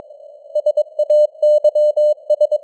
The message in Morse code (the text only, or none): SAYS